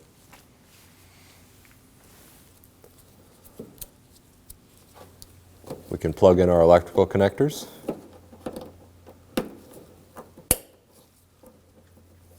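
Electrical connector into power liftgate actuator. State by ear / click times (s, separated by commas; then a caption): seated / 9.4 s, 10.5 s. An electrical connector is plugged by hand into the power liftgate actuator (strut) of a 2016-2022 Honda Pilot, pushing the plastic connector housings together until they latch. Someone talks while small handling taps and rustles are heard. The connector then clicks into place, with sharp clicks at 9.4 s and 10.5 s, showing it is seated.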